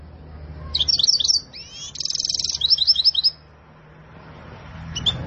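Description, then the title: Canary song in a short burst of rapid trills and chirps lasting about three seconds, followed by quiet with low background hum and a faint note near the end. Canary singing a long rolling song, energetic and persistent; said to make any canary answer immediately. "LANGSUNG NYAUT GACOR DOR Kenari Manasaja, Dengan Kicau Kenari GACOR NGOTOT ROLL PANJANG"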